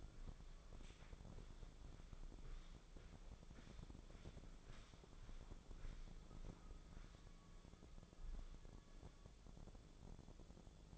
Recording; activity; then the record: daily activity, microphone in the room; walk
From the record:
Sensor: 5